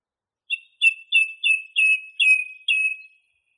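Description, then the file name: Song thrush singing one downslurred whistled note repeated seven times in steady succession, clean with no background. Masteran recording used for training songbirds. "suara masteran songthrush"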